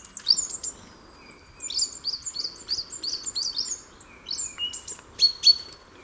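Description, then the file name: Great tit calls: a busy string of high, sharp, down-slurred chips in quick clusters, with a steadier high note near the end. "Parus major"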